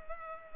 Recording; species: mosquito wingbeat signal from an infrared sensor; Culex pipiens